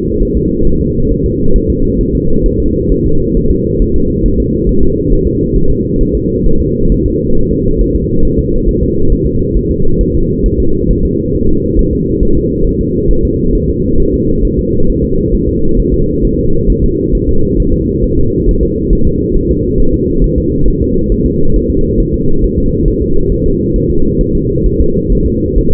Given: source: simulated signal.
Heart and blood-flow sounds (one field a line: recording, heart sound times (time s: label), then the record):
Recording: fetal heart sounds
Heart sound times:
0.22 s: S1
0.37 s: S2
0.67 s: S1
0.81 s: S2
1.12 s: S1
1.26 s: S2
1.56 s: S1
1.70 s: S2
2.01 s: S1
2.15 s: S2
2.46 s: S1
2.60 s: S2
2.92 s: S1
3.06 s: S2
3.37 s: S1
3.51 s: S2
3.82 s: S1
3.96 s: S2
4.26 s: S1
4.40 s: S2
4.69 s: S1
4.83 s: S2
5.12 s: S1
5.27 s: S2
5.56 s: S1
5.70 s: S2
6.01 s: S1
6.15 s: S2
6.46 s: S1
6.61 s: S2
6.92 s: S1
7.06 s: S2
7.37 s: S1
7.51 s: S2
7.81 s: S1
7.95 s: S2
8.25 s: S1
8.39 s: S2
8.69 s: S1
8.83 s: S2
9.12 s: S1
9.26 s: S2
9.56 s: S1
9.71 s: S2
10.01 s: S1
10.15 s: S2
10.46 s: S1
10.60 s: S2
10.91 s: S1
11.05 s: S2
11.35 s: S1
11.49 s: S2
11.79 s: S1
11.93 s: S2
12.23 s: S1
12.37 s: S2
12.67 s: S1
12.81 s: S2
13.11 s: S1
13.25 s: S2
13.55 s: S1
13.69 s: S2
14.00 s: S1
14.14 s: S2
14.45 s: S1
14.59 s: S2
14.90 s: S1
15.04 s: S2
15.34 s: S1
15.49 s: S2
15.79 s: S1
15.94 s: S2
16.25 s: S1
16.39 s: S2
16.70 s: S1
16.84 s: S2
17.15 s: S1
17.29 s: S2
17.60 s: S1
17.74 s: S2
18.04 s: S1
18.19 s: S2
18.49 s: S1
18.63 s: S2
18.93 s: S1
19.07 s: S2
19.36 s: S1
19.51 s: S2
19.80 s: S1
19.94 s: S2
20.24 s: S1
20.38 s: S2
20.68 s: S1
20.82 s: S2
21.12 s: S1
21.26 s: S2
21.56 s: S1
21.70 s: S2
22.00 s: S1
22.14 s: S2
22.44 s: S1
22.58 s: S2
22.88 s: S1
23.02 s: S2
23.32 s: S1
23.46 s: S2
23.76 s: S1
23.90 s: S2
24.21 s: S1
24.35 s: S2
24.66 s: S1
24.80 s: S2
25.12 s: S1
25.26 s: S2
25.58 s: S1
25.73 s: S2
From the record:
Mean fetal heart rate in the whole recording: 135 bpm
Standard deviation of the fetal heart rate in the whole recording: 3 bpm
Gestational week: 36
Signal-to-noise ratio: -17.7 dB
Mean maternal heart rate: 72 bpm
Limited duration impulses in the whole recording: present